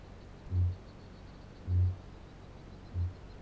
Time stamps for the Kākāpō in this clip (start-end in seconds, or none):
0.00-3.23